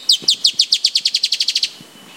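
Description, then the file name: Dusky-tailed antbird song: about fifteen high, downslurred notes given quickly, gradually speeding up and blurring together before stopping. Recorded at Ferradura, Canela, Rio Grande do Sul, Brazil, on 4-10-16. "Drymophila-malura-Reg Ferradura Canela RS-4-10-16-ASilveira"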